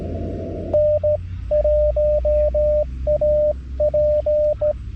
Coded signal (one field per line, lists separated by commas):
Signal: Morse code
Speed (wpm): 16 wpm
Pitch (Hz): 600 Hz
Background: radio noise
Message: N1AP